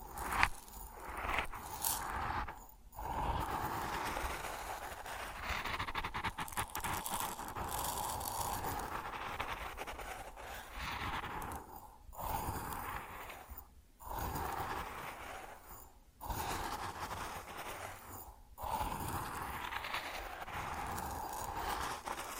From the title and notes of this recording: ASMR Grain Sounds (No Talking).